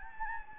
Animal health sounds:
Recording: mosquito wingbeat signal from an infrared sensor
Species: Anopheles gambiae

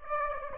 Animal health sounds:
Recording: mosquito wingbeat signal from an infrared sensor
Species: Aedes aegypti

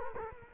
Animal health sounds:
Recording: mosquito wingbeat signal from an infrared sensor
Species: Culex quinquefasciatus

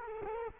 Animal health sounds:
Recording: mosquito wingbeat signal from an infrared sensor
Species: Culex quinquefasciatus

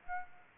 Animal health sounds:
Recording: mosquito wingbeat signal from an infrared sensor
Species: Aedes aegypti

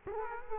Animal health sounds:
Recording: mosquito wingbeat signal from an infrared sensor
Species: Culex quinquefasciatus

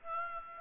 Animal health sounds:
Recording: mosquito wingbeat signal from an infrared sensor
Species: Aedes aegypti

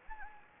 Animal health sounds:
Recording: mosquito wingbeat signal from an infrared sensor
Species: Anopheles gambiae

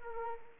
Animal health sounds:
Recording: mosquito wingbeat signal from an infrared sensor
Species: Anopheles arabiensis

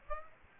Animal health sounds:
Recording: mosquito wingbeat signal from an infrared sensor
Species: Aedes aegypti

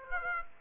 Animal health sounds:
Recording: mosquito wingbeat signal from an infrared sensor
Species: Aedes aegypti

